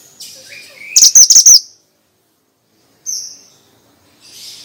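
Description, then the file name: Bird song: a short burst of four fast, sharp high chirps, followed by a brief thin whistle and a faint hiss. Bird sound used as a lure for stressed birds; 'suara mantenan' sound. "Pancingan Ampuh Burung Stress Suara Mantenan"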